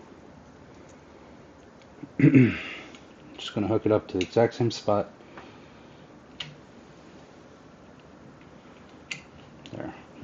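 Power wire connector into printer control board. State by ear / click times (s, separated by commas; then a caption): seated / 9.1 s. A new power wire's plastic connector is pushed into the same socket on a printer's control board while someone talks. Quiet handling sounds follow, and a sharp click at 9.1 s marks the connector seating fully in place.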